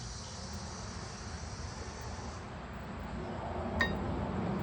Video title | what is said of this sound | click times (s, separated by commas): How to change brake pads on Buick Rainer/GMT360 platform SUV yourself. DIY | Snap into place. | 3.8 s